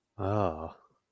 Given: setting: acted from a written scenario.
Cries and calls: vocal sound without words; desire

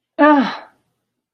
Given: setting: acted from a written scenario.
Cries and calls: vocal sound without words; anger

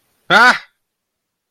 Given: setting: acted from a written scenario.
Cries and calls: vocal sound without words; fear

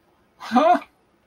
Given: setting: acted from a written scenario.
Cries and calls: vocal sound without words; sadness

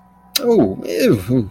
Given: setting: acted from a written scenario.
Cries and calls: vocal sound without words; negative surprise

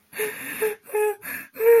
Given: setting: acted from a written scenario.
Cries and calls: vocal sound without words; distress

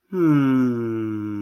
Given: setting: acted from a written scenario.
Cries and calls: vocal sound without words; ecstasy

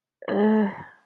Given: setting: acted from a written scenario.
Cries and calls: vocal sound without words; embarrassment

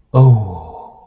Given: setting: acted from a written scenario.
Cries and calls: vocal sound without words; awe

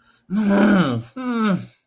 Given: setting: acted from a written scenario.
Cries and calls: vocal sound without words; distress

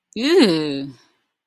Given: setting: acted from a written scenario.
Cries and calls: vocal sound without words; disgust

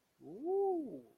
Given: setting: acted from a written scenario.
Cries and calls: vocal sound without words; interest

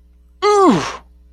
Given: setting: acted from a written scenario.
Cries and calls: vocal sound without words; pain

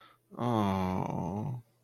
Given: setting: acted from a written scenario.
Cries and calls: vocal sound without words; disappointment

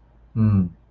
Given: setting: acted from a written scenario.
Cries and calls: vocal sound without words; sympathy

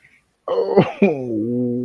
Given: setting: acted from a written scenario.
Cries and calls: vocal sound without words; sadness

